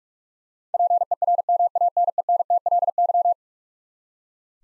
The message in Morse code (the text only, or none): PERMANENTLY